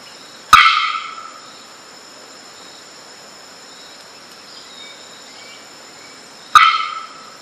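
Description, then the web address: Bearded bellbird giving two loud, explosive bell-like bonks about six seconds apart, each with a ringing decaying tail; a steady high whine runs throughout. "bearded bellbird. صدای-پرنده-زنگمرغ-ریشدار"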